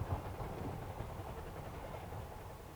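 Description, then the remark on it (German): An old locomotive train run by hobby railway enthusiasts rumbles past with a steady, heavy low-pitched drone and a rough mechanical clatter, holding a fairly even loudness that eases slightly toward the end. No voices. “Sehe ich gern so was Altes. Wir hätten uns mal auf die Lok aufsteigen lassen können.”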